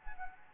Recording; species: mosquito wingbeat signal from an infrared sensor; Anopheles gambiae